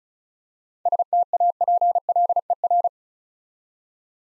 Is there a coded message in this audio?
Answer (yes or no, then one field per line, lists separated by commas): yes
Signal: Morse code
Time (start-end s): 0.9-2.9 s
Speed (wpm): 36 wpm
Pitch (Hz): 700 Hz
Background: none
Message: STAPLER